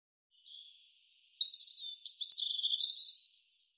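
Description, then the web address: European robin song: a soft thin opening note, a high drawn whistle, then louder tumbling trills descending into a fast rippling warble. "cianscape birddata Deverinetal 2025 Bird Er Ru"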